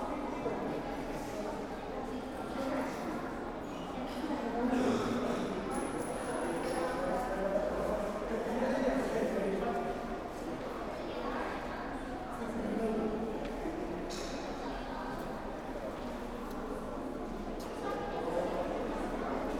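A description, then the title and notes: Visitors talk over one another in a busy space, a dense, steady murmur of voices with no single speaker standing out. Light knocks and footsteps come and go throughout, and a thin high whine sounds briefly around six seconds. Recordings I made on the 25 May 2017 during a day of wandering in Kanazawa, an important cultural town on the west coast of Honshu Japan. Visitor responses punctuated by the opening and closing of glass sliding doors.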